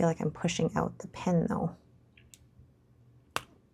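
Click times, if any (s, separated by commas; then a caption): 3.4 s. A new plastic ink cartridge is pushed firmly into the section of a Writech Clictek retractable fountain pen while someone talks. After a couple of faint ticks, a sharp click at 3.4 s shows the cartridge has seated home.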